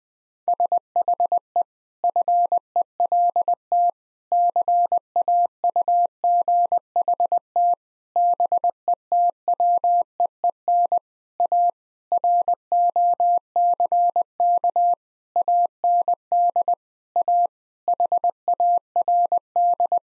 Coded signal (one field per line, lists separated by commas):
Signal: Morse code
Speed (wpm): 20 wpm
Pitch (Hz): 700 Hz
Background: none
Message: SHE FELT CAUGHT BETWEEN A ROCK AND A HARD